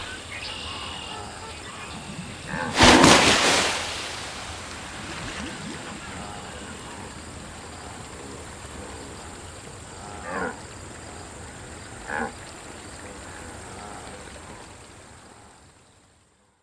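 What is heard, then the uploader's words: Wildebeest by a river, with a steady low rushing wash running throughout. A loud burst of splashing or a grunting call rises around three seconds, then two brief short calls come near ten and twelve seconds before the sound fades out at the end. Wildebeest from Birdbox Studio. A couple of wildebeest contemplate crossing a river.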